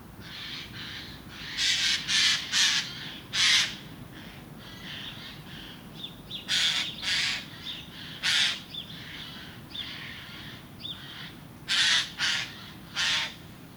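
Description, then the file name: Eurasian jay uttering repeated hoarse, noisy screeches, often in quick pairs or triplets, with softer rasping calls between them across the whole stretch. "Garrulus glandarius"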